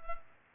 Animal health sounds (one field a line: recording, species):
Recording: mosquito wingbeat signal from an infrared sensor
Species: Culex pipiens